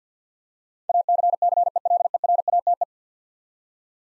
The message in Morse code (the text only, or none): ACCELERATE